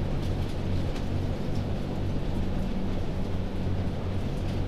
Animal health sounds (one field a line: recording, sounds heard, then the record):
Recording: poultry house recording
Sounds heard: no chicken sound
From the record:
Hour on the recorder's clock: 0